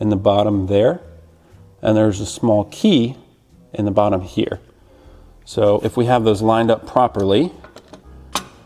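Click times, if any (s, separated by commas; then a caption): 8.4 s. Someone talks while lowering the front frame of an Amtryke Paceline adaptive tricycle onto the rear frame, lining up a small key on the front frame coupling with a small hole in the metal coupling of the rear frame. A couple of faint ticks are followed by a sharp click at 8.4 seconds as the key drops into the hole and the frames seat in place.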